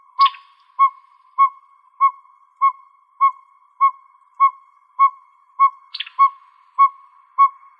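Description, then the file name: Northern pygmy owl repeating mellow whistled hoots at a regular pace of roughly 100 per minute, twice overlapped by a brief higher chatter. Arizona, recorded 28 May 2006. "NOPO 4 B deviche"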